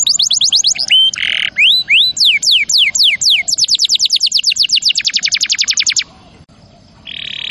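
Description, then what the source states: Canary song: quick trill, flat whistle and buzzy churr, rising sweeps, then a long fast trill stopping abruptly before a final buzz. Champion canary song used as a master recording for training other birds.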